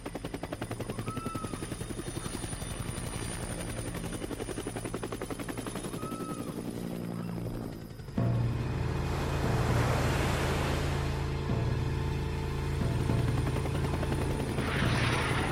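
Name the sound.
helicopters flying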